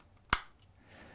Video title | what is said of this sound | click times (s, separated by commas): Music Nomad MN305 HumiReader Hygrometer, Humidity, and Temperature Monitor Reviews | so the first thing you do is you slide the humerator inside the holster and it snaps in place | 0.3 s